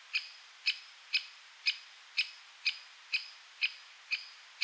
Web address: Aktivitetsbanken. Fuglelyder Flaggspett